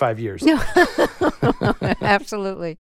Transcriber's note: laughter